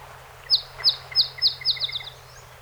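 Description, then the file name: Song sparrow song: four deliberate, spaced high notes followed by a quicker stuttering series that fades out. One of 48 songs recorded on 7 June 2018. "2018-06-07 Song Sp 48 Songs"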